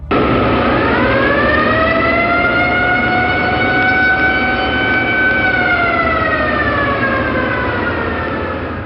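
An air raid siren warning of an aircraft attack wails loudly and steadily through a mountain ravine, its harmonic tone slowly climbing in pitch, holding, then sagging downward, over a constant rumbling background with no voices.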